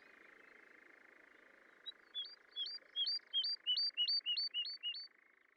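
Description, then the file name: Woodlark singing a single phrase of about ten repeated, looping whistled notes, rapid and even, after a short quiet start, with a steady background hum. "British Library - ZHavoronok Lesnoj (Zvyki com)"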